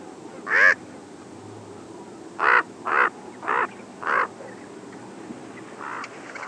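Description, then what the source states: Common raven calling with coarse caws, one early call then four evenly spaced croaks and fainter calls at the end over low background hiss. Arizona.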